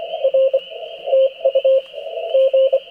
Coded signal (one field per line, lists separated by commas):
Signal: Morse code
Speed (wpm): 23 wpm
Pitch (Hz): 560 Hz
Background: radio noise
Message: R TU G